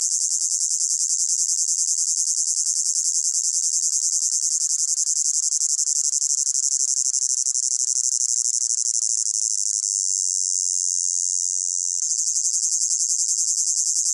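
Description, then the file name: Cicada droning in a sustained, very high electric buzz with subtle fast pulsations, softening slightly near twelve seconds and picking up again. Close-up, pulsating, high-pitched buzz. "gain walkers CICADA Close Up Pulsating Buzz High Pitched"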